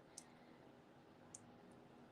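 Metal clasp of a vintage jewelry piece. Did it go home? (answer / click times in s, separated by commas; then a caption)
no / none. Someone pushes the metal clasp of a vintage jewelry piece, which has a known issue, trying to get it back into place. Two brief, faint high ticks sound at about 0.2 and 1.4 seconds over a low, steady background. The clasp does not click back in, and nothing has seated yet.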